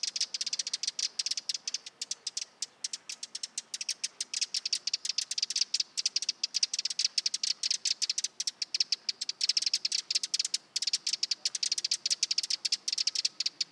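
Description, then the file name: Eurasian wren ticking steadily, a fast stream of hard clicking notes that barely stops, slightly uneven in rhythm and strength. "Troglodytes troglodytes"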